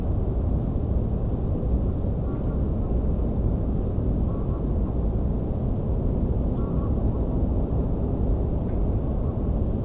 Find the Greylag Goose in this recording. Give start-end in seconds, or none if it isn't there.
2.22-2.93, 4.27-4.92, 6.55-7.21, 8.98-9.33